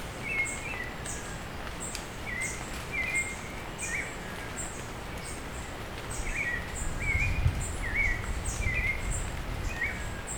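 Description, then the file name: Bird calls, short bright chirps and trills repeated every second or so at two pitch levels, over a steady patter of rain on leaves. Bird calling during rain falling on leaves. "Hi-Fi Nature Sounds - Beautiful Bird Call with Rain on Leaves"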